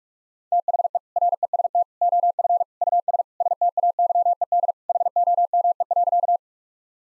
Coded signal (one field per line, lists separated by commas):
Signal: Morse code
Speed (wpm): 46 wpm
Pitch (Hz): 700 Hz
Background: none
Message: THE REST OF US STAYED HOME.